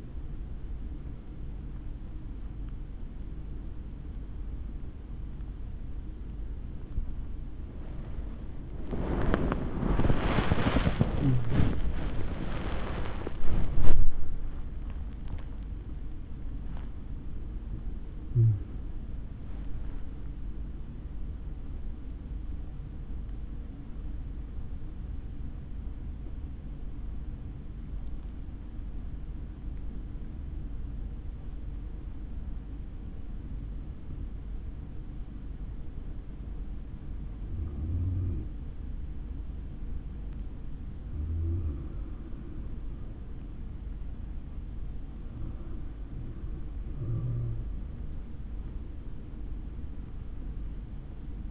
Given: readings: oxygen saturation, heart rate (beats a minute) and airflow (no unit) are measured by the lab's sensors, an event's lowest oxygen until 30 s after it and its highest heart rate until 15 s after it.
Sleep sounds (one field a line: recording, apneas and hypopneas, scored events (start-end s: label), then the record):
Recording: breathing in sleep by a smartphone at the bedside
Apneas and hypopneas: 1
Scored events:
22.00-44.90 s: hypopnea (N1, oxygen 96% highest, then 86% lowest, heart rate 91 at the start, 91 highest)
From the record:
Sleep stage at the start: N1 (lightest sleep)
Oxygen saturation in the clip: 84 to 96%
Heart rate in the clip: 65 to 93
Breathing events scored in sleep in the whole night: 160 in 9.3 hours asleep